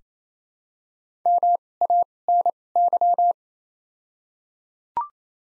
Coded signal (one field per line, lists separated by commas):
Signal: Morse code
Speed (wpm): 28 wpm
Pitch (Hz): 700 Hz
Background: none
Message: MANY